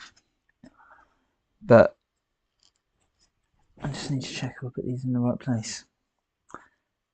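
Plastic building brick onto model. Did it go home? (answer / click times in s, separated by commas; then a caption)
no / none. A plastic building brick is pressed onto a Lego UCS X-Wing 75355 (2023) model during a stop-motion build. Faint taps come at about 0.2, 0.5, 0.7 and 2.7 s, with a sharper tap at 6.5 s, while someone talks in between. The brick does not click home, and nothing has seated or clicked yet.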